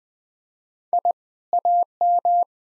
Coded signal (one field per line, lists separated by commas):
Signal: Morse code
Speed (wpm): 20 wpm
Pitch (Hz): 700 Hz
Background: none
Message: I AM